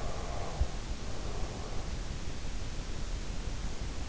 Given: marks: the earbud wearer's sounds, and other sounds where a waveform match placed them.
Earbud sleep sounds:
sounds in sleep by an in-ear microphone; body movement
0.00-1.11 s: body movement

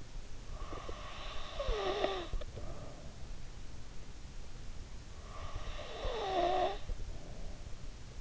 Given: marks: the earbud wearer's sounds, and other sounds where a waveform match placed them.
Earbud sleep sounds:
sounds in sleep by an in-ear microphone; breath
0.52-3.14 s: breath
5.17-8.21 s: breath

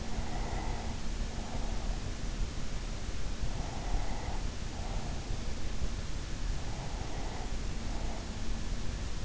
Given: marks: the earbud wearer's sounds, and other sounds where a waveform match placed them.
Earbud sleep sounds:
sounds in sleep by an in-ear microphone; breath
0.00-2.48 s: breath
3.39-5.74 s: breath
6.42-8.57 s: breath

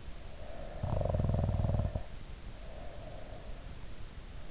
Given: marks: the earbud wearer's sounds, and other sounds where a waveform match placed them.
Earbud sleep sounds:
sounds in sleep by an in-ear microphone; snoring breath
0.22-3.60 s: snoring breath

